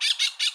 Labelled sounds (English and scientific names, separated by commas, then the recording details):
Brown-throated Parakeet (Eupsittula pertinax) contact call
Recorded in Bonaire
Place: roosting area just N of Seru Largu
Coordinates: 12.199, -68.277